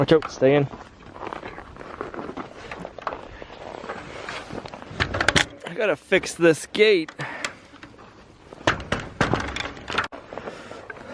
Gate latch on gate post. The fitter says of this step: frost I think raised that post up a little bit so it's not latching right where it is but it's hard so